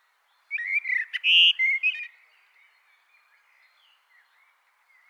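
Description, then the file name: Eurasian blackbird song: a single rich, fluting whistled phrase lasting about one and a half seconds, then near silence with a few faint notes and a note at the end. "Turdus merula"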